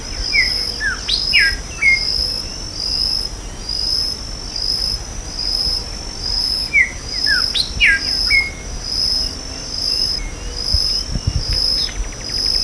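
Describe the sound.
Bird calls in two bursts of quick descending chirps, with a continuous high-pitched insect drone pulsing throughout.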